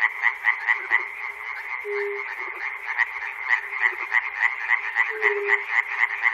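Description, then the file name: Frogs croaking rapidly, bright clicking calls several times a second over a rasping chorus, with two drawn-out low tones. Frogs recorded at Chernobyl. "peter cusack-chernobyl frogs"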